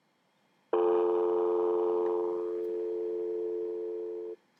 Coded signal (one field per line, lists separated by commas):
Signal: telephone call progress tone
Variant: North America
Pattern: dial tone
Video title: Tone: Levels of Formality in Writing.mp4